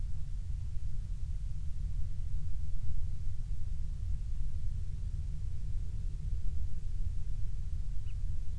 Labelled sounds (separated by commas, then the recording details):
bird
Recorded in the Prudhoe Bay oil fields, Alaska, on 12 July 2019 at 02:23
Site 16